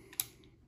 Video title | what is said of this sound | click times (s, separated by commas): DEBALLAGE UNBOXING REMINGTON 1858 NEW MODEL SHERIFF CALIBRE 44 LE POUDREUX | s'est vu ça s'enclenche et | 0.2 s